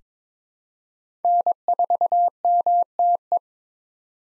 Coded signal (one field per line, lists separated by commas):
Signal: Morse code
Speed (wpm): 22 wpm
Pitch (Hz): 700 Hz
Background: none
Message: N4MTE